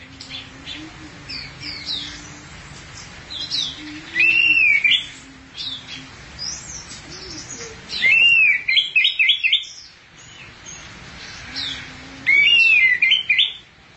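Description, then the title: Thrush song in loud varied phrases of whistles and high chirps in bursts every few seconds, with quieter notes in between. "burung anis x"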